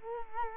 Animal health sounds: mosquito wingbeat signal from an infrared sensor; Culex quinquefasciatus

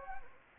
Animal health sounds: mosquito wingbeat signal from an infrared sensor; Anopheles gambiae

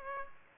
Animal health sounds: mosquito wingbeat signal from an infrared sensor; Aedes aegypti

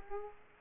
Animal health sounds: mosquito wingbeat signal from an infrared sensor; Aedes aegypti

